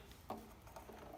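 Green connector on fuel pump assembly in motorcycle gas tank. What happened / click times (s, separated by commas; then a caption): The connector clicked into place / 0.3 s. The green fuel line connector on the fuel pump assembly in an R6 motorcycle gas tank is pushed further in by hand until it clicks. A faint, short click is heard at 0.3 s among a few quieter taps. The connector is confirmed seated.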